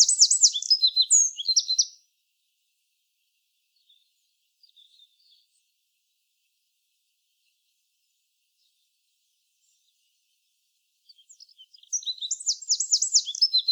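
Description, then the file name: Eurasian wren song, two bursts of rapid, very high trills and sharp notes, one at the start and one at the end, separated by about ten seconds of near silence. "Troglodytes troglodytes"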